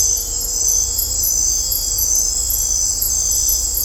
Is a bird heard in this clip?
no